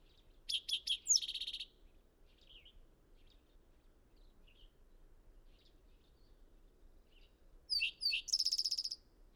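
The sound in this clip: Bird song: bursts of quick high notes running into a buzzy trill, heard at the start and again near the end, with soft twitters in the quiet gap.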